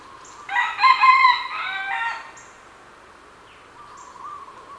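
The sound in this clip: Red junglefowl gives one harmonic crow of under two seconds, followed by quiet with soft bird notes.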